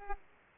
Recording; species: mosquito wingbeat signal from an infrared sensor; Culex pipiens